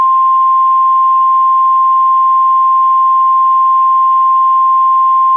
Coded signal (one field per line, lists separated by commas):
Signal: Emergency Alert System (SAME) tones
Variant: 1050 Hz attention tone